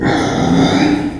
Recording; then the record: squeal of a Yucatan mini pig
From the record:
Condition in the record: before surgery on the right vocal fold (resection and tissue-engineered implant); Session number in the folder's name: 1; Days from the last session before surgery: -21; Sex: female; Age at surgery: 19 weeks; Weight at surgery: 25 kg